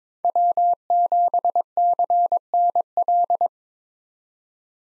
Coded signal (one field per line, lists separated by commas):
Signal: Morse code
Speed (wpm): 22 wpm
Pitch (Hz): 700 Hz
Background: none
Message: W7CNL